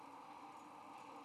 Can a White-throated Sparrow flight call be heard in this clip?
no